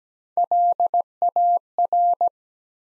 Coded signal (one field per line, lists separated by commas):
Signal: Morse code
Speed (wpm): 17 wpm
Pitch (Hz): 700 Hz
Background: none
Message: LAR